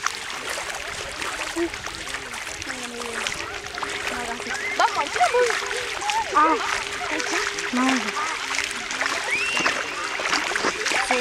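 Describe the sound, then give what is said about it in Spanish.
Water rushes and splashes in a steady, continuous hiss for the whole stretch while people talk and call out over it. “estamos grabando los sonidos del agua”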